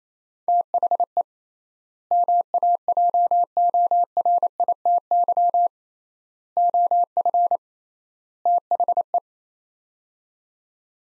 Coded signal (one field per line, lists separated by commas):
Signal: Morse code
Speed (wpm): 28 wpm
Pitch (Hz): 700 Hz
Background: none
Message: THE MAJORITY OF THE